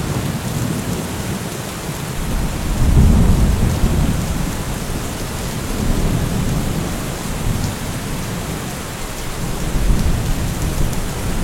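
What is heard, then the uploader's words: Steady rain hisses densely throughout, with a deep low rumble swelling around three seconds and again near six and ten seconds. STORMY 1HR RAIN SOUNDS.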